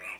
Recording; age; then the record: pig call; piglet (1 to 25 days)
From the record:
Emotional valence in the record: negative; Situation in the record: castration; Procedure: castration, cut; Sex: male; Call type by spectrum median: low-frequency call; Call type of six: low-frequency tonal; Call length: 0.20 s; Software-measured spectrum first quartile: 1673 Hz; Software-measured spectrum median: 2329 Hz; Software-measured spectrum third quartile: 2669 Hz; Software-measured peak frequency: 2618 Hz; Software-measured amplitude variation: 127 dB a second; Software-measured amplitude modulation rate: 12.5 a second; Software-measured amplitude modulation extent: 10.2 dB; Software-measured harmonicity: 4.1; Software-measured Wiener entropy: -1.29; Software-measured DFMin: 1029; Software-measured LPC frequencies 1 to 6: 1042, 2353, 2585, 3706, 5082, 6036 Hz